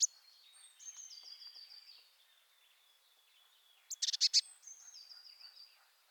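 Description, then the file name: Eurasian blue tit call: a sharp burst of rapid, scratchy chattering notes, with thin high whistled notes before and after. "Cyanistes caeruleus"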